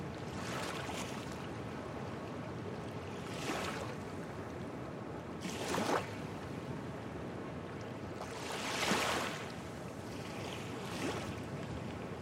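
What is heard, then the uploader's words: Water laps gently against moored boats in a fishing port, over a steady low rumble of wind and swell. Soft splashing swells rise about every two to three seconds, clearest near the third, sixth and ninth seconds, each a brief hiss fading back. Fishing port, Lapa Das Pombas. Immerse yourself in the ethereal soundscape of one of the most enchanting and ghostly fish ports within the Vicentine Coast Natural Park, Portugal. The gentle lapping of water against the ropes of boats.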